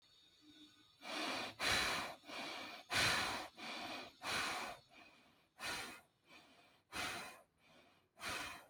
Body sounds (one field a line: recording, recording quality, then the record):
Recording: deep breathing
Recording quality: excellent, no background noise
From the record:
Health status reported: healthy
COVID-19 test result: negative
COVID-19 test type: RT-PCR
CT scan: not taken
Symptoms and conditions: none ticked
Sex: male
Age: 30 years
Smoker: no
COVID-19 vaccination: one dose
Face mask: not worn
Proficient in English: yes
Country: India